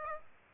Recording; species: mosquito wingbeat signal from an infrared sensor; Aedes aegypti